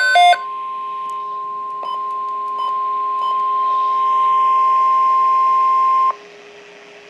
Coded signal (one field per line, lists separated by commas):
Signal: Emergency Alert System (SAME) tones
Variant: 1050 Hz attention tone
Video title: Severe T'Storm Watch #300 (EAS #348)